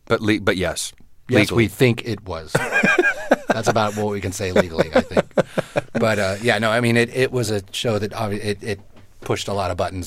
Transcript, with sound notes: But yes, we think it was. That's about what we can say legally, I think. (Soundbite of laughter) But yeah, no, I mean, it was a show that obviously it pushed a lot of buttons.